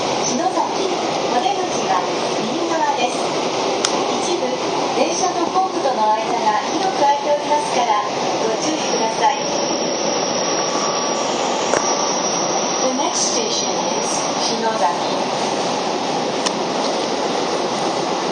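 A Keio 5000 series train runs between Motoyawata and Hashimoto with a dense, steady roar of motor and wheel noise that barely changes in level. Voices murmur faintly underneath, and a few brief clicks or rail knocks stand out now and then.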